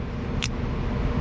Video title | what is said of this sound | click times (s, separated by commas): 2004 Land Rover Ranger Rover HSC 4.4L Water Pump Replacement | When you put the hose connection up, you're supposed to be able to hear, did you hear it click? | 0.4 s